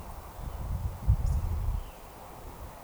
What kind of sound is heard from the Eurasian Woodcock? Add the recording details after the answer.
whistle. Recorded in Baden-Württemberg, Germany, on 29 June 2020 at 19:50 UTC. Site 43791, 788 m above sea level